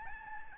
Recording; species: mosquito wingbeat signal from an infrared sensor; Aedes albopictus